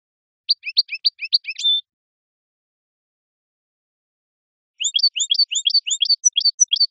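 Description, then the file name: European goldfinch song: two bursts of rapid, high twittering notes, the first short and ending in a brief drawn-out note, the second longer after a pause. "audio burung goldfinch"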